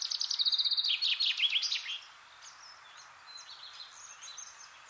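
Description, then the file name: Common chaffinch song: a rapid repeated trill falling in pitch and ending in a bouncy flourish, then quiet background twittering. "Fringilla coelebs"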